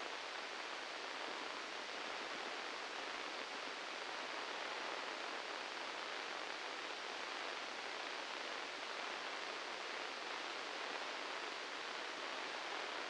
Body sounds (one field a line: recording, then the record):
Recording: brain microelectrode recording played as sound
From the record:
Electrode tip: inside the subthalamic nucleus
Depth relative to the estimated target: -1 mm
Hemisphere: left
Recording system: NeuroSet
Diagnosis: Parkinson's disease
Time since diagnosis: 7 years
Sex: male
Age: 44 years